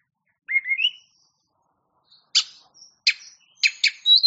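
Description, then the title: Oriental magpie-robin singing a short rising whistled phrase, then after a pause a series of harsh chips and a thin high whistle. Champion songbird. "Kicau Burung Kacer Juara"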